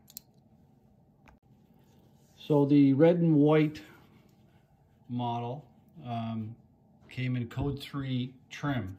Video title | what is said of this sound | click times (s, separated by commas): Restoration Matchbox 50a Commer Pick-Up MKVII | and it should snap in place | 0.2 s